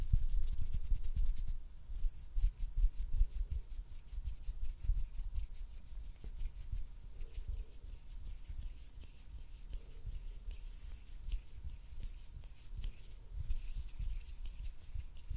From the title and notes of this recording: ASMR CLOSE-UP FINGER FLUTTERING AND HAND SOUNDS - NO TALKING.